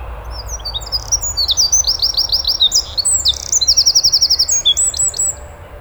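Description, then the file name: Eurasian wren singing a vigorous, high-pitched torrent of twittering notes with two rapid trills, running for roughly five seconds before stopping. "Troglodytes troglodytes"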